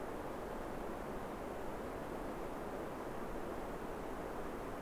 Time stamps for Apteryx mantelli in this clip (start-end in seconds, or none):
none